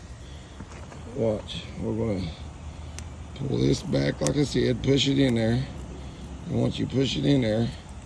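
Someone talks while pulling back the sleeve of a gas-powered pressure washer's quick-connect coupling and pushing a surface cleaner fitting into it, with a brief sharp tick near 3.0 s. The clip ends before the fitting goes home; nothing has seated or clicked yet.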